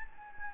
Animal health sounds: mosquito wingbeat signal from an infrared sensor; Anopheles gambiae

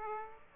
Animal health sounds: mosquito wingbeat signal from an infrared sensor; Aedes aegypti

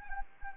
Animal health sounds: mosquito wingbeat signal from an infrared sensor; Anopheles arabiensis

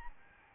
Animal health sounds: mosquito wingbeat signal from an infrared sensor; Aedes albopictus

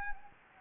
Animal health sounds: mosquito wingbeat signal from an infrared sensor; Anopheles gambiae

